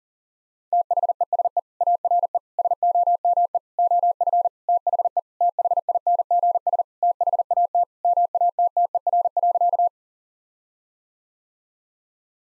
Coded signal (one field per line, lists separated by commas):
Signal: Morse code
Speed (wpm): 40 wpm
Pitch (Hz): 700 Hz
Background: none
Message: THESE ARE SOME OF THE THINGS THAT MATTER.